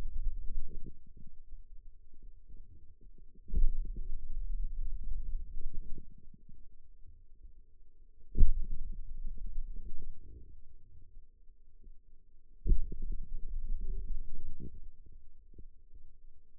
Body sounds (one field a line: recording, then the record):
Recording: forearm muscle sounds (acoustic myography)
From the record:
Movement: pen grasping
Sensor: system 2, bracelet of six BSWA MPA416 microphones around the upper forearm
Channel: 2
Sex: male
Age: 22 years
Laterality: right